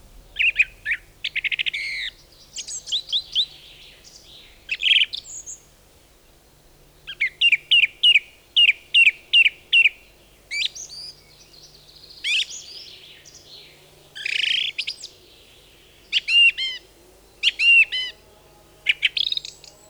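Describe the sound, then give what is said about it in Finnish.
A song thrush sings alone in bright, high whistled phrases, each phrase repeated several times in quick bursts with short pauses between, over a faint low background hum. “Tämän osoittaa sen monet kansanomaiset nimet, kuten muun muassa kyntörastas ja toukorastas, mitkä viittaavat sen laulun alkamiseen kevään saavuttua.”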